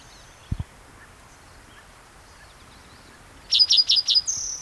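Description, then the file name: Spotted towhee song: four quick, loud high notes in a burst, then a sustained high tone, with two brief low thumps earlier and a quiet background. Recorded at Cicero on 22 June 2010. "Cicero 22 Jun 2010 Pmaculatus"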